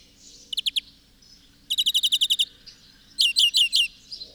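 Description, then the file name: European greenfinch giving three short bursts of rapid chattering notes, each a quick run of four to ten clipped chirps. "Chloris chloris"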